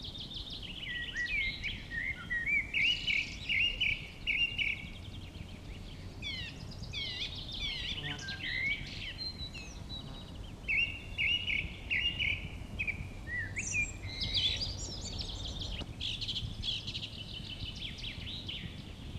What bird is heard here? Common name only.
Song Thrush